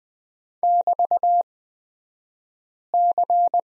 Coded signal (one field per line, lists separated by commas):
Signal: Morse code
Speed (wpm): 20 wpm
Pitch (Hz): 700 Hz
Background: none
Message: <BT>C